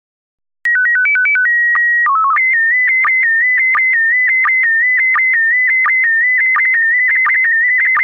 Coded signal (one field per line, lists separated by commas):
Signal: SSTV (slow-scan television)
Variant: PD 90